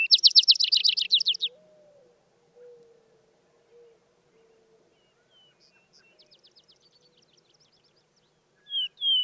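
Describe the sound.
Tail of a Vesper sparrow's rapid trill, then low soft hoots, a faint trill, and the opening whistles of another song.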